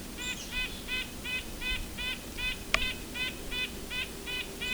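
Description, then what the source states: Red-breasted nuthatch calling with nasal notes in a steady, even series, broken once by a sharp click. Wild bird right in front of the recordist during a Christmas Bird Count on Isthmus Bay Road; very nasal call, said to sound much like the white-breasted nuthatch's.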